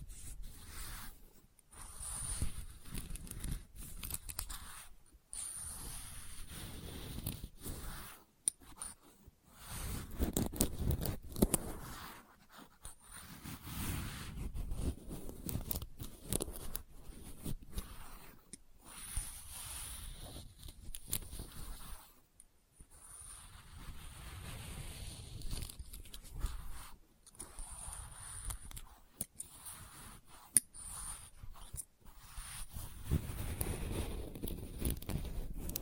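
Experimental triggers in test tubes: rough, irregular scraping and rubbing sounds come in bursts of a few seconds, separated by brief silent gaps. The texture is dense and gritty, heavy in the low end, with a faint thin whine running high throughout.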